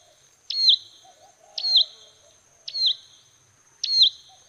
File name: suara asli perenjak coklat